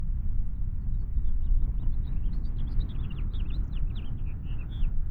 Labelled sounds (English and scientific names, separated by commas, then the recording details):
House Finch (Haemorhous mexicanus) song
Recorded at Wantagh on Long Island, New York, on 21 May 1975
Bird G